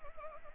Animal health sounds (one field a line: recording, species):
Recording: mosquito wingbeat signal from an infrared sensor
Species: Anopheles arabiensis